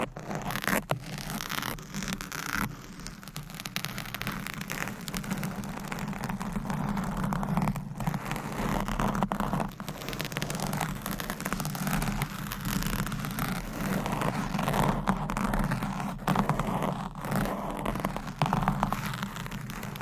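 Microphone scratching: a continuous rough, rasping rub that stays fairly even in loudness for the whole twenty seconds. A low steady hum runs underneath, and sharper crackling scrapes and brief clicks break through every second or two.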